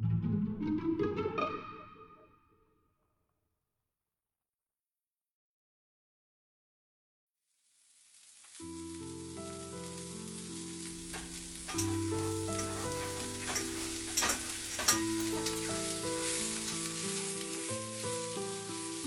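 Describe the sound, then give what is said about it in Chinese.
After a brief sound and several seconds of silence, food starts sizzling loudly in a pan as someone cooks in a kitchen, a steady hiss dotted with sharp crackles and pops that carries on to the end. “回去以后，博斯做饭时故意一直紧跟着他打下手，两个人在厨房中，”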